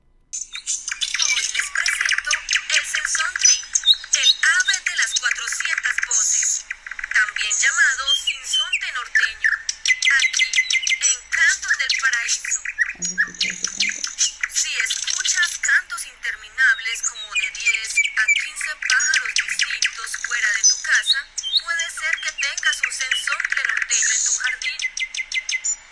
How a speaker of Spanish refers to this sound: Si dice, si escuchas a 10, entre como 10 minutos como diferentes pájaros, puede ser que sea un cenzontle que, bueno, pues dice que 400 voces puede hacer cantos, muchos cantos, incluso hasta como imitando un motor.